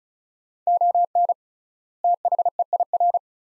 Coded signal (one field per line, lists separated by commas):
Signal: Morse code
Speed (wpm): 36 wpm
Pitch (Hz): 700 Hz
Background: none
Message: ON THEIR